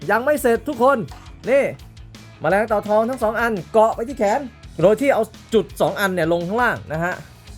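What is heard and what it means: A gold plastic armor piece is being handled and lined up to snap onto the arm of a toy robot, with its two points facing down. Someone talks over background music throughout. Nothing has seated or clicked yet.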